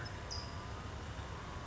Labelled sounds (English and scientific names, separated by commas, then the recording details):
California Towhee (Melozone crissalis)
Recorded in Sonoma County, California